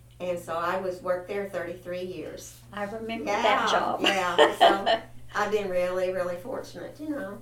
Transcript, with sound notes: And so I worked there thirty-three years.
I remember that job!
Yeah, yeah. (Laughter) So, I've been really, really fortunate, you know.